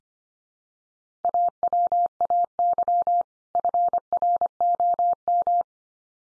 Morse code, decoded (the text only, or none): AWAY FROM